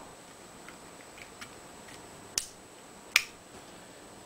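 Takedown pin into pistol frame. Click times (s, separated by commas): 3.2 s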